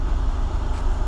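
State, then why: Not seated. A plastic clip of a cover on an Audi A3 is handled and pressed toward its seat over a steady low rumble, with no distinct click heard. The clip stops just before the part goes home, so nothing has seated yet.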